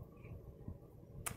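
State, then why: Not seated. A SIM card is pushed inward into the spring-loaded SIM slot of a ZTE MF279 mobile hotspot router. Soft handling and rubbing sounds sit over a low background rumble, with a brief brighter scrape near the end. The card has not seated or clicked into place yet.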